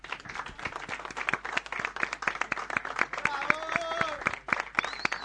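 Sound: audience applause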